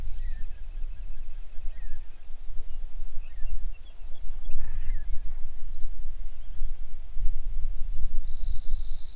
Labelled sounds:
songbird
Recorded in the Prudhoe Bay oil fields, Alaska, on 11 June 2019 at 05:08
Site 21

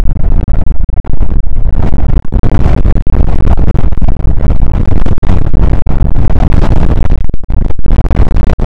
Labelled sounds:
wind
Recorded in the Prudhoe Bay oil fields, Alaska, on 2 August 2019 at 01:34
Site 29

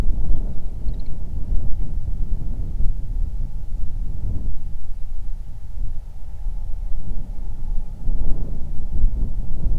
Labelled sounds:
bird
wind
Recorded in the Prudhoe Bay oil fields, Alaska, on 31 July 2019 at 07:42
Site 24

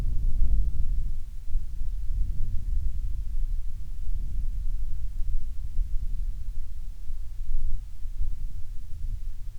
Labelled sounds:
wind
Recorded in the Prudhoe Bay oil fields, Alaska, on 7 August 2019 at 14:16
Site 17

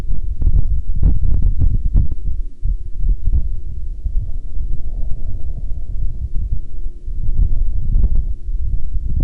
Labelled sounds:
wind
aircraft
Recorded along the Dalton Highway, Alaska, on 16 October 2019 at 10:42
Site 07

